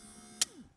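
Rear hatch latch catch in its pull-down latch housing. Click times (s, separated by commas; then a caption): 0.4 s. The catch of a 1990 Pontiac Firebird rear hatch latch, sitting in its pull-down latch housing, is pressed down by hand until it flips into its latched position. A faint steady hum runs underneath until a single sharp, bright click at 0.4 s, followed by a short falling tone that fades out. The catch seats and latches.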